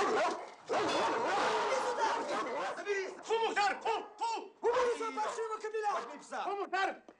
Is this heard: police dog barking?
yes